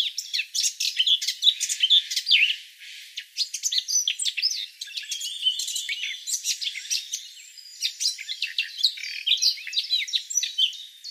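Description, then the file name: Eurasian blackcap warbling song, long and restless, with bursts of scratchy chatter, short pauses, and softer twittering later on. "Sylvia atricapilla"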